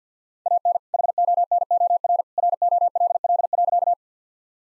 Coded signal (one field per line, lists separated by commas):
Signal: Morse code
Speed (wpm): 50 wpm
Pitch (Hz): 700 Hz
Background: none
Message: AN HONOR ROLL.